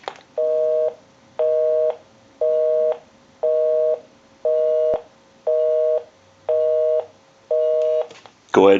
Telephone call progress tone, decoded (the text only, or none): busy tone